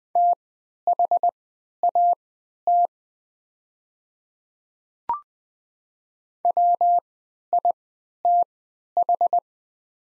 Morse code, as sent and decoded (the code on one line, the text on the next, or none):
- .... .- - / .-- .. - ....
THAT WITH